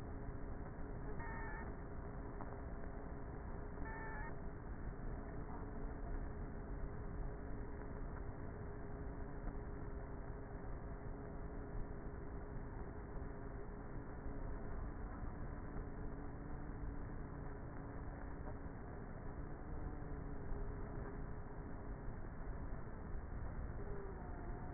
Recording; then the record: honeybee colony, microphone inside the hive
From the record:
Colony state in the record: queenless with a low population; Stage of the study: before two queens were removed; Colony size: about 30,000 bees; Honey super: no